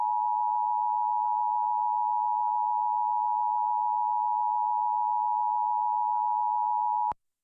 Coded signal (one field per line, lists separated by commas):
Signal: Emergency Alert System (SAME) tones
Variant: 853 and 960 Hz attention tone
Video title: KAIT Subchannels during National EAS Test 10-04-23